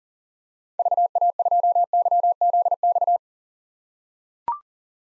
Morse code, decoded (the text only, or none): VA2YZX